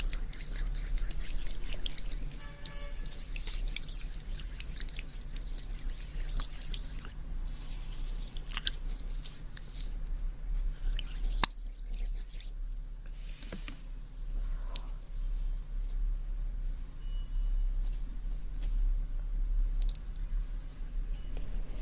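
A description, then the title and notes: Wet ear-cleaning and massage sounds crackle and squish over a low steady hum, with a sharp click near eleven seconds. TimASMR- Ear Cleaning & Ear Massage Water Sounds.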